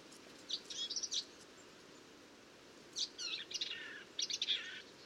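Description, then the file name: Eurasian blackcap song: three short, rich warbled phrases of scratchy and whistled notes separated by short pauses, over a steady low background hiss. "Sylvia atricapilla"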